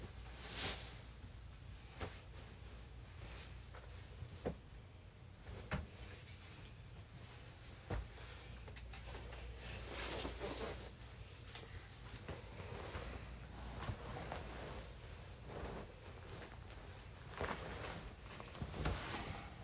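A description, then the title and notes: Bedsheets being made up at bedtime: a steady rustling and swishing of fabric runs throughout, with irregular soft thumps and brief sharp pats every second or two. A low, constant hum sits underneath, and the handling grows busier toward the end. Bed making ASMR. Bed time sheet making.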